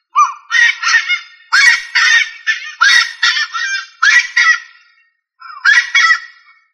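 Rail calling almost nonstop in loud, nasal, honking squawks, mostly paired notes in quick succession, a short gap, then one last doubled call.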